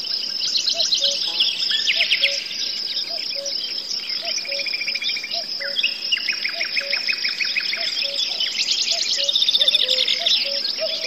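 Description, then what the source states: Forest birds, cuckoo and crickets: a cuckoo repeats its soft two-note cu-ckoo roughly every second, while crickets trill steadily and other birds add buzzy rattling phrases and chirps. Forest ambience with birds, cuckoos and crickets.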